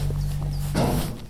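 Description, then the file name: Bear growl, a low steady rumbling drone held for most of a second, then breaking into a rougher, breathy burst. Recorded in Slovakia. "Slovakia Bear (original)"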